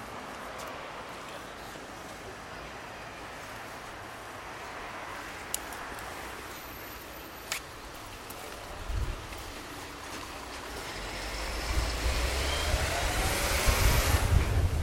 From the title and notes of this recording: Soundwalk in Margate. Recorded with handheld Sony PCM-A10.